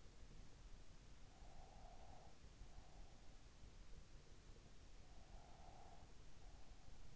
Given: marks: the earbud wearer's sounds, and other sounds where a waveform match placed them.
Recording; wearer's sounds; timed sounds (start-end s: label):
sounds in sleep by an in-ear microphone; breath
1.22-3.27 s: breath
5.14-6.92 s: breath